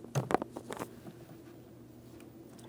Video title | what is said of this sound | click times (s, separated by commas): How to Replace Ignition Coils 2007-2014 Ford Edge 3.5L | So, we're going to slide this entire bracket over, we'll listen for our click, | 0.3 s